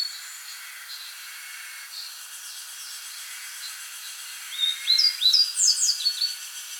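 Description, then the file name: A grey bunting sings one bright phrase of rapid high notes, some rising, some falling, late, with faint scattered notes and hiss before it. "Emberiza variabilis"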